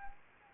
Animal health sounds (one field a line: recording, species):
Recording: mosquito wingbeat signal from an infrared sensor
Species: Anopheles arabiensis